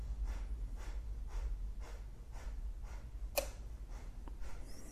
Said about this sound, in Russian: Хорошо, давайте дышим Капалабхати, поехали. Минуту дышим.